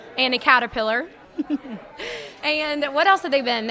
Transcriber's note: laughs